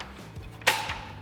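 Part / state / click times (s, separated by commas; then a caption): rapid lock collar on a telescoping ladder rail / seated / 0.7 s. On a Little Giant Dark Horse telescoping ladder, the leg is brought down to a rung position for unlevel ground, and the rapid lock collar is twisted back to lock the fiberglass and aluminium rails in place. A sharp knock sounds at 0.7 s, followed by a brief ringing tone. The rapid lock is fully seated and locked.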